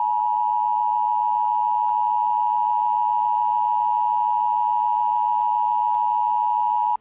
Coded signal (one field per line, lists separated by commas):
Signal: Emergency Alert System (SAME) tones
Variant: 853 and 960 Hz attention tone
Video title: EAS ALERT FOR CAMP BLUEWATER February 13th 2026